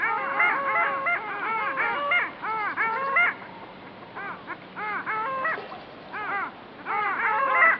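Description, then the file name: Long-tailed duck flock calls, many overlapping nasal yodelling notes that step up and down in pitch, several birds calling at once in rapid, irregular bursts with brief lulls. "Digiffects Sound Effects Library - Long Tailed Duck"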